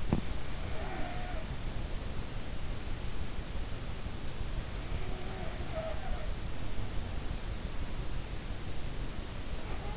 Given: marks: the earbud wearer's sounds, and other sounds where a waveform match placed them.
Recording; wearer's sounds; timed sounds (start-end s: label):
sounds in sleep by an in-ear microphone; teeth grinding
0.00-0.30 s: teeth grinding
0.48-2.12 s: sound from someone else or the room
4.34-7.57 s: sound from someone else or the room